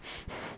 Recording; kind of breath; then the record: one breath in and out by a microphone near the nose and mouth; strong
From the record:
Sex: male